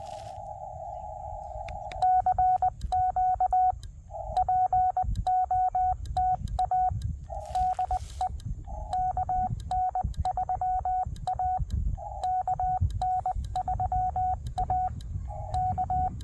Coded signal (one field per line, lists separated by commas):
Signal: Morse code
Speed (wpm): 20 wpm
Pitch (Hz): 740 Hz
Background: none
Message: CQ POTA DE KN3A KN3A K